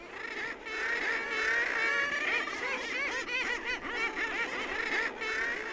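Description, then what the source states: Common Murre colony calling, many birds giving overlapping rough, cackling and laughing notes in a constant churning chorus. Nesting in dense colonies of tens of thousands on Trinidad Rocks and Castle Rock, California North Coast, important bird areas.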